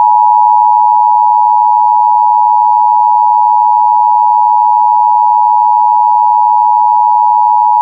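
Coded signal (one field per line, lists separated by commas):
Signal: Emergency Alert System (SAME) tones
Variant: 853 and 960 Hz attention tone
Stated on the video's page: Fire warning issued by civil authority via IPAWS for a grass fire in Logan County, Nebraska.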